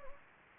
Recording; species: mosquito wingbeat signal from an infrared sensor; Anopheles gambiae